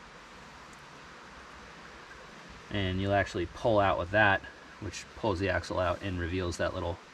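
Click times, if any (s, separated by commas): none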